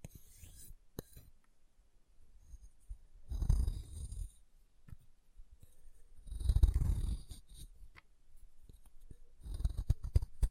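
Chalk being carved and cut, heard as short bursts of dry scraping and rasping at about 3.5, 6.5 and 10 seconds. Each burst carries low thudding and a bright, hissy edge. Between them come quiet gaps with a few small clicks and taps.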